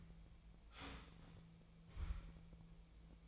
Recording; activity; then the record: daily activity, microphone in the room; start toaster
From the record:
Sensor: 1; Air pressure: 1000.3 hPa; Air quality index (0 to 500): 156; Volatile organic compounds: 3 ppm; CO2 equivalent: 1464 ppm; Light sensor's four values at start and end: 30/74/31/37 and 30/74/31/37